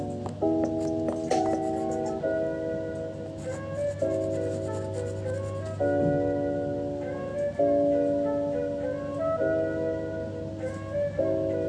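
Soft background music moves through sustained chords every couple of seconds over a steady low hum, with faint scratchy scribbling in the background.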